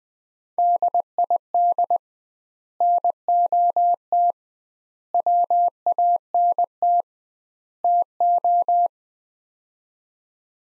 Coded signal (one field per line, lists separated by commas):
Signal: Morse code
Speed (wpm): 21 wpm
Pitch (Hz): 700 Hz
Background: none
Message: DID NOT WANT TO